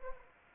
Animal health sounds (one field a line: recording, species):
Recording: mosquito wingbeat signal from an infrared sensor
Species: Anopheles arabiensis